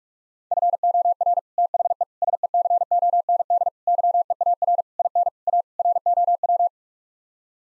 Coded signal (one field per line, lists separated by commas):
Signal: Morse code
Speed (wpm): 46 wpm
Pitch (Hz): 700 Hz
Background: none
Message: FOR THE SECOND YEAR IN A ROW